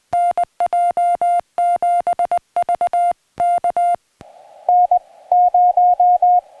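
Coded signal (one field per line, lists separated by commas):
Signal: Morse code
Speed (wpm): 20 wpm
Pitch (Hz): 700 Hz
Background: music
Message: NJ7V K N 0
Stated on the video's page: CW SOTA and POTA activation on a mountaintop on 60, 40, 30 and 20 meters, in howling wind.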